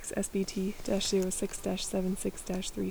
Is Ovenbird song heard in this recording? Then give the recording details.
no. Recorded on 20 June 2016 at 11:33. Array SBT-6-76